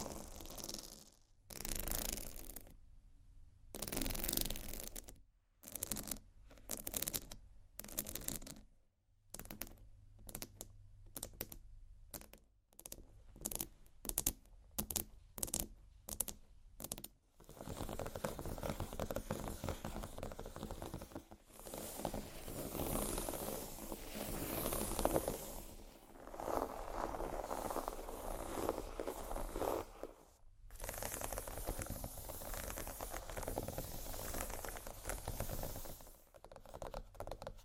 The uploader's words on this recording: ASMR Scratch & Tap on Textured Bags Studded vs Crocodile(No Talking).